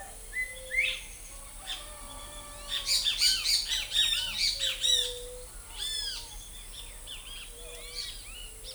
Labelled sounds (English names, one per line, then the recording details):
Crested Bobwhite
White-tipped Dove
Great Kiskadee
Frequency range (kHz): Crested Bobwhite 1.6-4.0 kHz; White-tipped Dove 0.3-0.7 kHz
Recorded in forest near Pivijay, Magdalena, Colombia, on 1 June 2023 at 08:00
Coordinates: 10.467, -74.380
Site Z5-G034